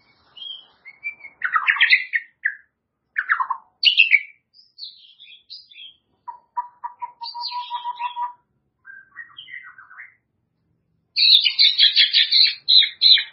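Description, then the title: White-rumped shama singing varied phrases: sweeping whistles, a low stuttering trill, and a closing burst of rapid scratchy notes. "murai batu"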